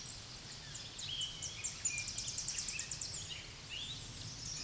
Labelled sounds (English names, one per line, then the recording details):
Tennessee Warbler song
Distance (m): 30 m
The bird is about 20 m above the microphone
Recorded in a Pennsylvania forest on 16 May 2024 at 07:13
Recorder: AudioMoth, point MSD-1360
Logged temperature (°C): 14.8 °C
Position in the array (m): 155 m, 216 m